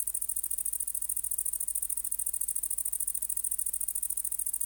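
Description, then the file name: Great green bush-cricket song, high and metallic, a rapid stream of evenly spaced buzzy pulses running steadily from start to end, over a soft low hum. "Tettigonia viridissima"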